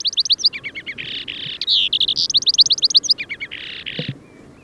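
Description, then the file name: Eurasian skylark pouring out a fast, high warbling song of repeated chirps, short trills and buzzy phrases, ending abruptly with a brief low knock. "Eurasian Skylark Alauda arvensis"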